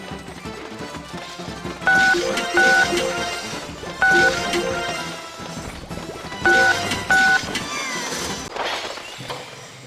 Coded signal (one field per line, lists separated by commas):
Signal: DTMF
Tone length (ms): 280 ms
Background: music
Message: 66 6 66